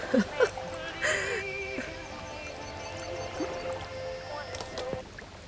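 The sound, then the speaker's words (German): A tin can scoops and pours water out of a boat, with a few sharp metallic clanks and splashes over a steady low background, while a voice hums faintly underneath. “Gib mir die Blechbüchse. Ich muss das Wasser aus dem Boot schöpfen.”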